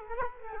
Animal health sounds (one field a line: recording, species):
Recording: mosquito wingbeat signal from an infrared sensor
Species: Culex quinquefasciatus